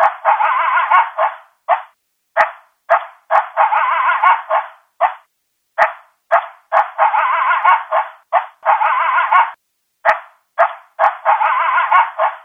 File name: Coyote